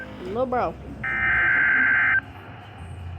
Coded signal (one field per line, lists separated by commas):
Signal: Emergency Alert System (SAME) tones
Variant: header bursts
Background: speech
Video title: HELPLESS II - EAS Alerts from 4/18/24 #40-44